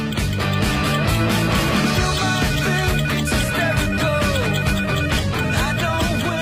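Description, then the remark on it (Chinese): A short instrumental music interlude during a radio sales segment for walnuts plays at a steady, fairly loud level, with layered melodic lines and a driving rhythm and no voices. “一小段音乐”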